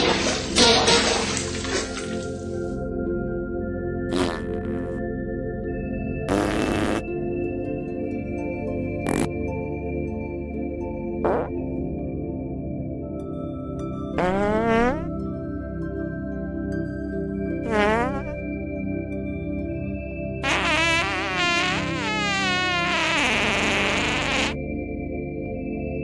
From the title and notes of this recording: ASMR 30 Minutes of Fart Sounds.